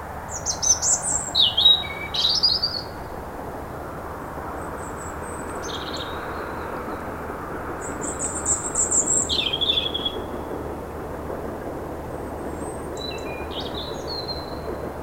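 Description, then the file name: European robin song: separate bursts of high sliding, twittering phrases with pauses between, some reaching very high, against a constant low background rumble. "Erithacus rubecula"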